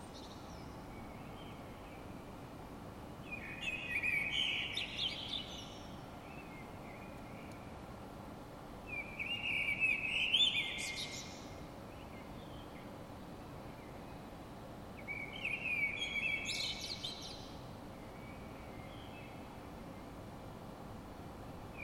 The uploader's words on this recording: Parisian bird singing in the middle of the night. I woke up in the middle of the night and heard this beautiful birdsong in the courtyard of the apartment I was staying in. Recorded by Stefana Fratila.